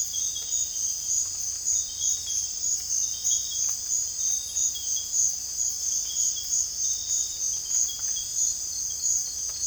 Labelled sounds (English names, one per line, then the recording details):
none
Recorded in dense forest near Puerto Asís, Putumayo, Colombia, on 26 December 2024 at 05:30
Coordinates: 0.485, -76.318
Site GP03